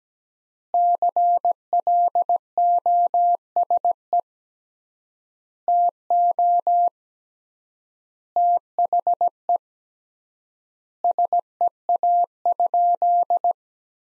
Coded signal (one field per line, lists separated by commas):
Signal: Morse code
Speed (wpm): 17 wpm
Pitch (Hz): 700 Hz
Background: none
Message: CLOSE TO THE SEA?